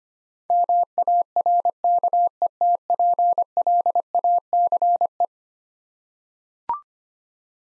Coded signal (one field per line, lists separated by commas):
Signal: Morse code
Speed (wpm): 25 wpm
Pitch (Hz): 700 Hz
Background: none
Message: MARKETPLACE